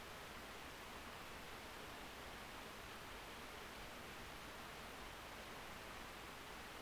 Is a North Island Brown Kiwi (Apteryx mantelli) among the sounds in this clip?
no